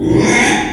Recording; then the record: squeal of a Yucatan mini pig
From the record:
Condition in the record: after surgery on the right vocal fold (resection and tissue-engineered implant); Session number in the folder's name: 3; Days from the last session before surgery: 33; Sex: male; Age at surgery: 12 weeks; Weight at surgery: 13 kg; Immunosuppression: cyclosporine, prednisolone